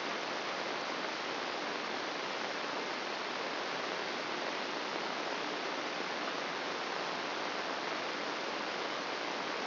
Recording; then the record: brain microelectrode recording played as sound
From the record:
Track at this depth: outside the subthalamic nucleus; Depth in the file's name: 2.773 mm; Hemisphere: left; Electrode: 3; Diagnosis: Parkinson's disease